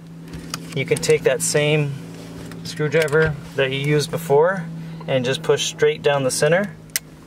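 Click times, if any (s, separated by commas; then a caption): 7.0 s. Someone talks while a component on a 1987–1991 Ford Bronco (F150, F250, F350) steering column is pushed straight down the center with a screwdriver into the column housing. A single sharp click comes at 7.0 s as it locks into place.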